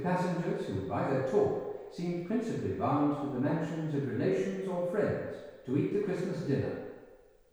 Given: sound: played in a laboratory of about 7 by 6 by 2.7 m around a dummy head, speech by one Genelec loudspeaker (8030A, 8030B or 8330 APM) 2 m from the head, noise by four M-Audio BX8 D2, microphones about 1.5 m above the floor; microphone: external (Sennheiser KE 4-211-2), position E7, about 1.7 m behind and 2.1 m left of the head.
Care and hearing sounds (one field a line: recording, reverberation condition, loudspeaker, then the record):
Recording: male speech in English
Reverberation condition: high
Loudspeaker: 150 degrees to the left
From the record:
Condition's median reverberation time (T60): about 1300 ms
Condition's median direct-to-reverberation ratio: about -4.0 dB